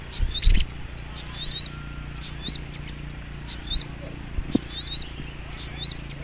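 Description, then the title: Little Spiderhunter giving bright, high chip phrases about once a second, with a few low thuds early and later, over a faint hum. Masteran training recording, labelled Labaik. "Masteran Burung Sogok Ontong Labaik"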